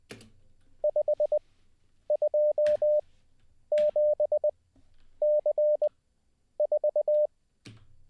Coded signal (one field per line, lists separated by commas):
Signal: Morse code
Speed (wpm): 20 wpm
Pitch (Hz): 600 Hz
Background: none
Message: 527C4